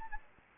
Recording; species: mosquito wingbeat signal from an infrared sensor; Anopheles gambiae